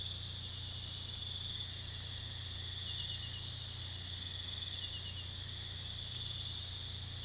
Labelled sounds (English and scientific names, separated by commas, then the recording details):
none
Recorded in pastures near Puerto Asís, Putumayo, Colombia, on 18 February 2024 at 03:30
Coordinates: 0.486, -76.323
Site G6462